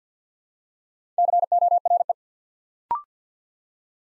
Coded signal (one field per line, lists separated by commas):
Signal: Morse code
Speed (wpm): 50 wpm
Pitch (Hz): 700 Hz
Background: none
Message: CORE